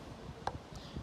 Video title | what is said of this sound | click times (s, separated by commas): [TUTO] VIDANGE PEUGEOT 208 | fois que vous entendez un petit clip on | 0.5 s